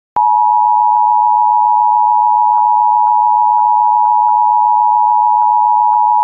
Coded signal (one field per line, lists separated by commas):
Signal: Emergency Alert System (SAME) tones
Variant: 853 and 960 Hz attention tone